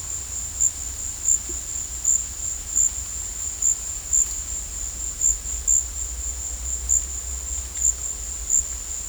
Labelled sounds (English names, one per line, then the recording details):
none
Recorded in secondary vegetation near Puerto Asís, Putumayo, Colombia, on 16 December 2024 at 16:00
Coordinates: 0.481, -76.318
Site G042